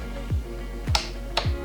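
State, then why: Torque reached. A torque wrench set to 90 inch pounds tightens a bolt on an aluminum transmission housing, with steady music playing underneath. The wrench gives sharp clicks at 0.9 s and 1.4 s, confirming the bolt has reached the set torque.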